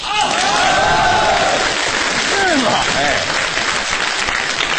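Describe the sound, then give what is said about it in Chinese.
An audience claps steadily for about five seconds at a Chinese crosstalk (xiangsheng) comedy performance, a dense, even wash of loud applause, with a man's voice rising briefly over the clapping. “一个高尚的上， 嗯， 下边一个手， 是 会鼓掌的手都是高尚的手。”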